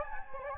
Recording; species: mosquito wingbeat signal from an infrared sensor; Anopheles gambiae